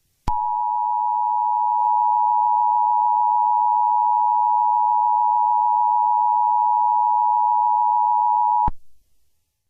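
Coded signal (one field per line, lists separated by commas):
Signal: Emergency Alert System (SAME) tones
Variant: 853 and 960 Hz attention tone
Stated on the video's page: EAS tones in a simulated alert scenario about a monster attacking New York.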